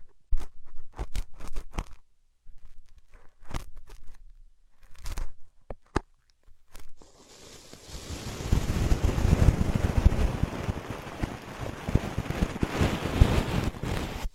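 Dry ear scratching. For the first seven seconds it comes as scattered sharp clicks and short scrapes with quiet gaps between them. After that it turns into a continuous, dense rubbing and rustling with a heavy, muffled low rumble that carries on to the end.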